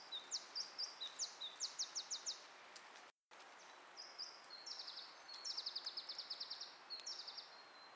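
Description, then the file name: Iberian chiffchaff song of high, thin notes, slow at first then accelerating into a rapid series, with light background noise. "iberischer zilpzalp"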